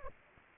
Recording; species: mosquito wingbeat signal from an infrared sensor; Anopheles arabiensis